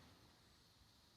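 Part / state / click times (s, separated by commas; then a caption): screw into plastic horse clipper case thread / not seated / none. A screw in the plastic case of a MasterClip HD Roamer horse clipper is being turned backwards so it drops into the existing thread instead of cutting a new one, which would weaken the plastic. Only a steady low hiss with faint handling noise is heard. Nothing has seated or clicked yet.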